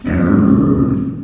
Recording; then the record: squeal of a Yucatan mini pig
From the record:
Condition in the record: after surgery on the right vocal fold (resection and tissue-engineered implant); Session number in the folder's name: 11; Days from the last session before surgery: 98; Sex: female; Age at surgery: 19 weeks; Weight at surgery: 25 kg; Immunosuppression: prednisolone